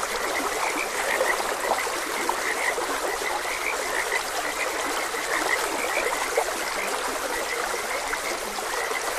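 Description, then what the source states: Frogs give short, repeated croaking notes over a constant hiss of running water from a stream. Frogs croaking beside a gentle stream.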